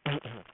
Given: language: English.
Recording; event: throat vibration sensor signal played as sound; throat clearing